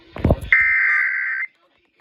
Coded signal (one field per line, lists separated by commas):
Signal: Emergency Alert System (SAME) tones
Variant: header bursts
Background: speech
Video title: Severe Thunderstorm Warning On Multiple Stations EAS#592-596